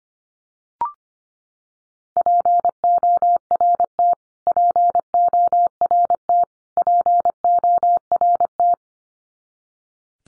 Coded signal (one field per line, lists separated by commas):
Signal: Morse code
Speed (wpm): 25 wpm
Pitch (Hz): 700 Hz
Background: none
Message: PORT PORT PORT